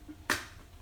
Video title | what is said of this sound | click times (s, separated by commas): Elation Opti Tri Par Power Supply Repair and Fan Replacement | pops right in | 0.3 s